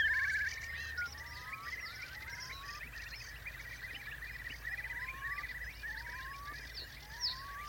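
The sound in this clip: Eurasian Curlew calls: slow upslurred whistles repeated several times, with other birds calling in the background.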